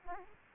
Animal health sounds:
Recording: mosquito wingbeat signal from an infrared sensor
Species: Aedes aegypti

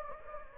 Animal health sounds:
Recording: mosquito wingbeat signal from an infrared sensor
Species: Anopheles gambiae

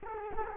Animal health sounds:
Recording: mosquito wingbeat signal from an infrared sensor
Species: Culex quinquefasciatus

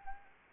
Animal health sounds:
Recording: mosquito wingbeat signal from an infrared sensor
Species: Anopheles arabiensis

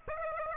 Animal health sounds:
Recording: mosquito wingbeat signal from an infrared sensor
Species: Aedes aegypti

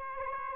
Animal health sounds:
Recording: mosquito wingbeat signal from an infrared sensor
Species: Aedes aegypti

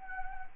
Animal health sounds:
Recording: mosquito wingbeat signal from an infrared sensor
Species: Anopheles gambiae

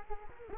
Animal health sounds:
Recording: mosquito wingbeat signal from an infrared sensor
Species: Culex quinquefasciatus

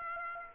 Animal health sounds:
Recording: mosquito wingbeat signal from an infrared sensor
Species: Aedes aegypti

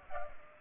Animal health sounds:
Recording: mosquito wingbeat signal from an infrared sensor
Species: Culex pipiens

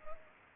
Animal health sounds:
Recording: mosquito wingbeat signal from an infrared sensor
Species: Culex pipiens

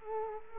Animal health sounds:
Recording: mosquito wingbeat signal from an infrared sensor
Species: Culex quinquefasciatus

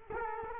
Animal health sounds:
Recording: mosquito wingbeat signal from an infrared sensor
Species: Culex quinquefasciatus

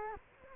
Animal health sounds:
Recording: mosquito wingbeat signal from an infrared sensor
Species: Culex quinquefasciatus

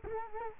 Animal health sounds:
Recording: mosquito wingbeat signal from an infrared sensor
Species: Culex quinquefasciatus

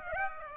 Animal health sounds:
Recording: mosquito wingbeat signal from an infrared sensor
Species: Aedes aegypti

